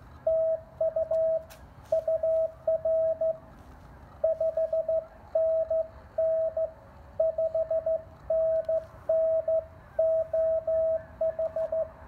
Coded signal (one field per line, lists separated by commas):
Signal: Morse code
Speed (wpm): 19 wpm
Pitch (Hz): 640 Hz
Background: radio noise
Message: TU UR 5NN 5NN OH